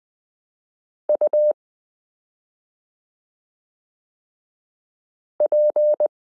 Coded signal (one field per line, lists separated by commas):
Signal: Morse code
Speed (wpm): 20 wpm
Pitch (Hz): 600 Hz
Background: none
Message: UP